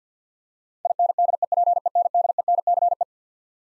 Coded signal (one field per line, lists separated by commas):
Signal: Morse code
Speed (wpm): 50 wpm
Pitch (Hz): 700 Hz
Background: none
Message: INDEPENDENCE